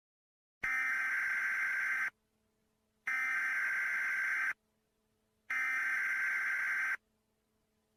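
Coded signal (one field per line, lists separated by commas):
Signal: Emergency Alert System (SAME) tones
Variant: header bursts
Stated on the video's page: Fictional analog-horror EAS scenario that uses valid tones.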